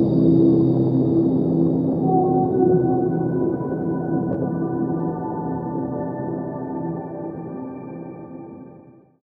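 Whale song, sustained low moaning tones and a thin wavering mid-pitched note over rumbling water noise, gradually fading out at the close.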